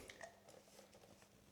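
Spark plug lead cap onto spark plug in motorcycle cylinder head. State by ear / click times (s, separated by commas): not seated / none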